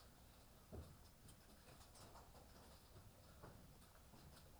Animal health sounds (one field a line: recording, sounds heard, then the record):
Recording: poultry house recording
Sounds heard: healthy chickens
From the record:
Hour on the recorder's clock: 18